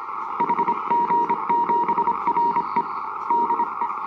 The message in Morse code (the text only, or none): HG7RE DE